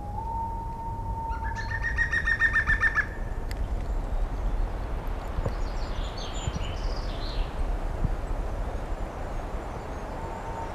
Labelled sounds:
European Green Woodpecker song

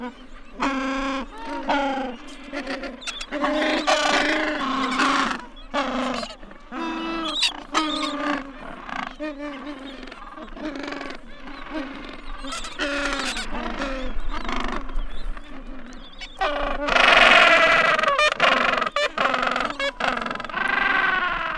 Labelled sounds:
Gentoo Penguin call

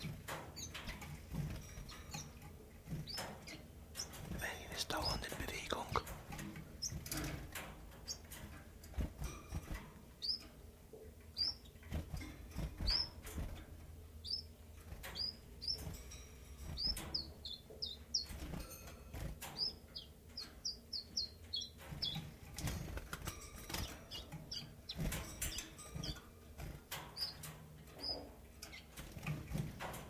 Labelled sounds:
Common Chiffchaff

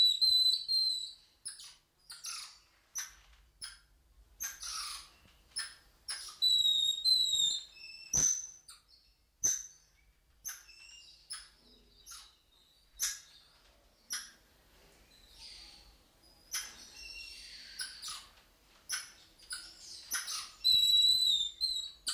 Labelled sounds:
Golden Lion Tamarin call

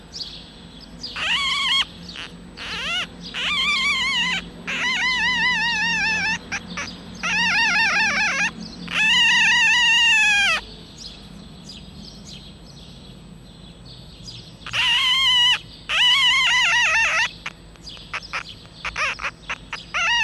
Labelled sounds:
Red Fox

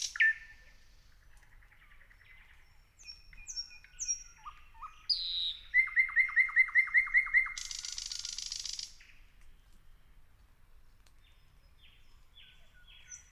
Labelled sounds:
Thrush Nightingale

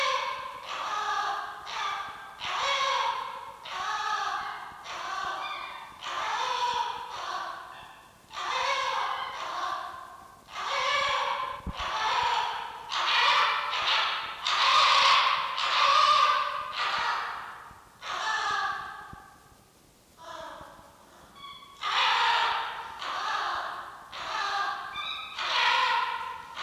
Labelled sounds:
Red Fox

